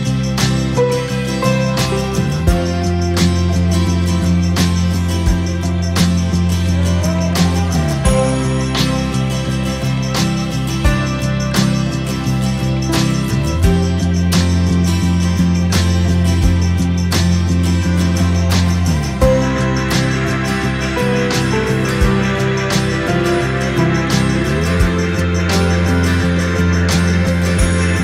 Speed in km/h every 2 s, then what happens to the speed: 0, 0, 0, 0, 0, 0, 0, 0, 0, 0, 0, 0, 0, 0.
0-28 standing.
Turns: none.